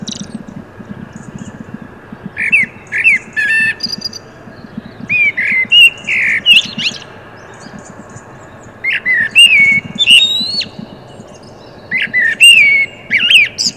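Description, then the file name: Common blackbird delivering several song phrases, each a short run of flutey whistles ending in sharp high chips, spaced a few seconds apart over low background noise. "Turdus merula"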